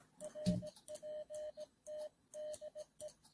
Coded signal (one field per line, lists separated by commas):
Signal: Morse code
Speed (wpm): 17 wpm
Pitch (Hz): 610 Hz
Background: none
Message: RPT DE